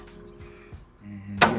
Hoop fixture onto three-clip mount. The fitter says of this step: actually have three clips so once it snaps into place it's tight like that can't get it off in order to get it off